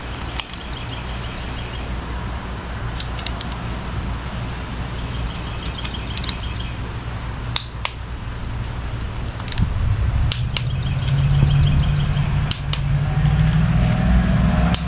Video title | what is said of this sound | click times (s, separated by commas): Installing the Cam | 11 satisfying little clicks. | 0.4 s, 7.6 s, 7.9 s, 10.3 s, 10.6 s, 12.5 s